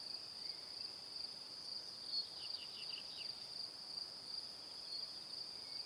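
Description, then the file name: Cricket keeps up a continuous shrill pulsed chirping, while a short cluster of lower descending chirps briefly sounds around the midpoint. Evening. "Calm - Evening Crickets"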